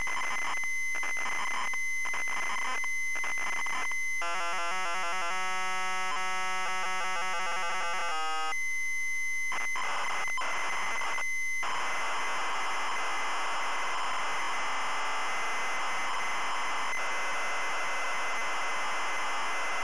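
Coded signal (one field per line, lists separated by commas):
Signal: ZX Spectrum tape loading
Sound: harsh buzzing square-wave tones switching rapidly, then a long raspy data screech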